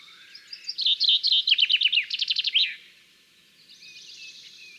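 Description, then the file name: Common chaffinch song, a rapid cascade of high, sharp notes falling in pitch and finishing with a brief flourish, then faint high twittering afterwards. "Fringilla coelebs"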